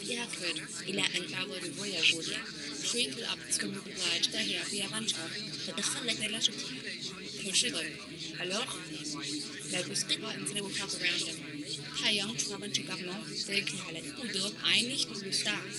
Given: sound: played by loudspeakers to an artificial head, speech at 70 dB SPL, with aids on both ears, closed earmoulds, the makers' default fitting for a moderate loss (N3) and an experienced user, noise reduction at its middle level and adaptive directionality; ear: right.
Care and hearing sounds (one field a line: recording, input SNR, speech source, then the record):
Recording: speech test signal (ISTS) in cocktail-party noise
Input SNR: -3 dB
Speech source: on the right (90 degrees)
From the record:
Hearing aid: class 2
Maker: J